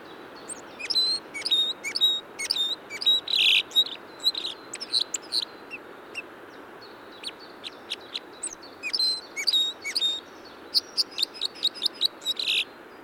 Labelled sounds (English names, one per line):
Red Crossbill song